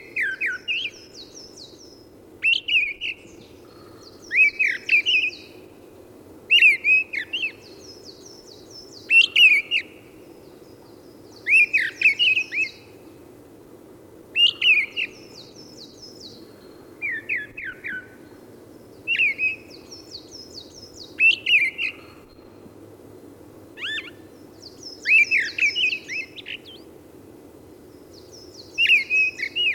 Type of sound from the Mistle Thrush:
song